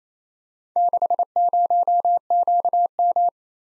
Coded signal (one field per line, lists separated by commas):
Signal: Morse code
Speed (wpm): 29 wpm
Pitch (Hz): 700 Hz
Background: none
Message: 60QM